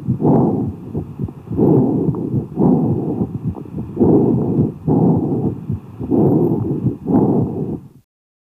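Slow, repeated breath cycles from an adult chest with a hollow, resonant quality. Expiration is equal in length to inspiration but lower in pitch, with a clear pause between inspiration and expiration, and faint heart tones sound underneath. These are amphoric breath sounds, the hollow 'blowing over a bottle' sound heard over a lung cavity.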